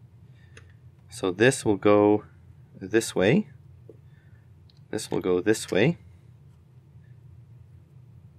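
A crimped pin terminal is turned and lined up with an MC4 solar connector housing before being pushed in, with a few faint handling ticks while someone talks. Nothing has seated or clicked yet.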